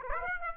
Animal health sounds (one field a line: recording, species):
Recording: mosquito wingbeat signal from an infrared sensor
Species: Aedes aegypti